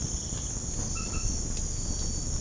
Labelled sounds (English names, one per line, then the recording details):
none
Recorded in pastures near Puerto Asís, Putumayo, Colombia, on 19 March 2025 at 01:30
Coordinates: 0.505, -76.324
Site GP08